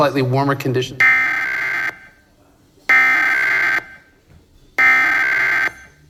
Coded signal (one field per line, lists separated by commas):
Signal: Emergency Alert System (SAME) tones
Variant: header bursts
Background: speech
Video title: KCBS, KNBC, KTLA 2023 EAS Test - October 4, 2023